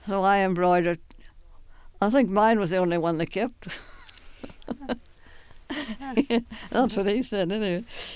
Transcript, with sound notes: So I embroidered, I think mine was the only one they kept. ( she laughs ) That's what he said, anyway.